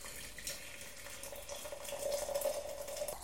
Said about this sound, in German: Er brühte die Teekanne aus, schwenkte sie, schüttete weg und tat vier volle Löffel Tee hinein, den Kessel dann schrägend, um Wasser einfließen zu lassen.